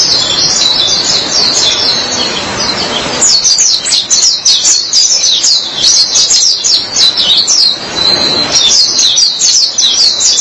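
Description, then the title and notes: White-eye song: soft high twittering at first, then from about three seconds a louder, busy run of rapid sliding chirps continuing to the end. "Suara kicauan burung pleci"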